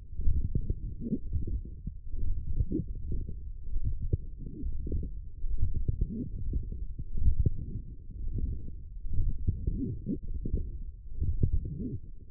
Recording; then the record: forearm muscle sounds (acoustic myography)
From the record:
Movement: forearm pronation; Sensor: system 1, eight BSWA MPA416 microphones around the upper forearm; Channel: 3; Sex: female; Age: 22 years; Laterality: right